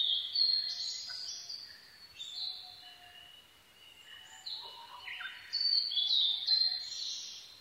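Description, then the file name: Blue-and-white flycatcher song, high slurred whistles in several phrases, loudest at the start and near the end. Recorded 22 May 2011 at 04:34. "ooruri 20110522-0434"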